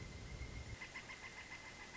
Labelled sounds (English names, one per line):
Pileated Woodpecker